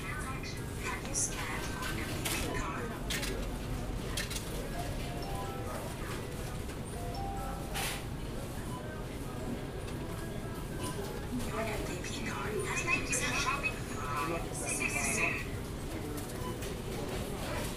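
Grocery store interior heard from an aisle: a steady murmur of customers' voices and shuffling fills the space, with a low continuous hum underneath. Short sharp clatters and bright beeps break through now and then, such as around eight and thirteen to fifteen seconds.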